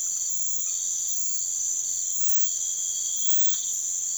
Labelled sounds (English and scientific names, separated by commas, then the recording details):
none
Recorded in pastures near Puerto Asís, Putumayo, Colombia, on 28 February 2025 at 04:00
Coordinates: 0.505, -76.324
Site GP08